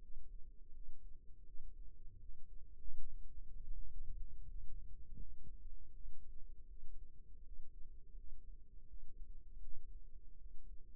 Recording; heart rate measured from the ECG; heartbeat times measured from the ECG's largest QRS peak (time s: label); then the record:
heart sounds by microphone in the right ear; 81 bpm
0.01 s: heartbeat
0.72 s: heartbeat
1.45 s: heartbeat
2.19 s: heartbeat
2.96 s: heartbeat
3.73 s: heartbeat
4.47 s: heartbeat
5.19 s: heartbeat
5.92 s: heartbeat
6.67 s: heartbeat
7.42 s: heartbeat
8.15 s: heartbeat
8.88 s: heartbeat
9.61 s: heartbeat
10.38 s: heartbeat
From the record:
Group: healthy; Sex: female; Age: 37 years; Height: 168 cm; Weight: 70 kg